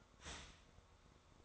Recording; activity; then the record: daily activity, microphone in the room; start toaster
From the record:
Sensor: 3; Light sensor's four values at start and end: 4/11/4/4 and 4/11/4/4